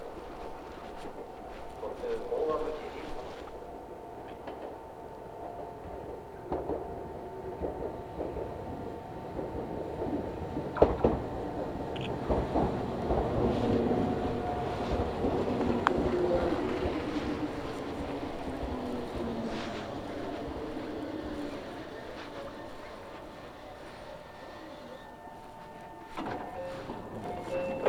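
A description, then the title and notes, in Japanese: Meitetsu train on the Chita New Line running along, a steady rumble with motor whine, occasional rail clicks, swelling mid-ride then easing. 名古屋鉄道 知多新線・河和線 内海→富貴→河和。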